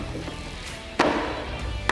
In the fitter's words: hit it into place, a light tap, and it clicks right in.